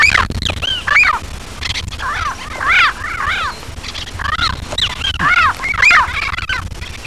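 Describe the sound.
Bird calls, loud arched nasal notes that rise and fall, given in quick runs of two or three with short pauses between.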